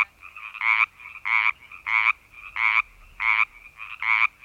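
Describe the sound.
Pacific tree frog repeating loud, grating ribbits about every two-thirds of a second, with fainter croaks filling the gaps.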